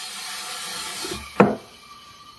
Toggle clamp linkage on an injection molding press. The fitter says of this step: I'm gonna engage it and it gave a nice clock when it went over Center okay